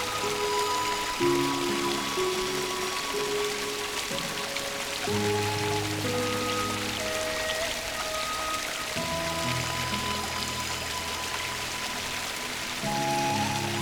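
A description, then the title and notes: Water runs in a steady, dense patter, like a stream or light rain, filling the upper range with fine hiss. Underneath, a soft music of sustained low tones shifts slowly every couple of seconds, with a few higher held notes drifting above. Laying by the Stream Water Sounds and Music. Water and nature sounds.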